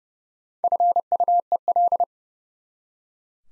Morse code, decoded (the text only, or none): FUEL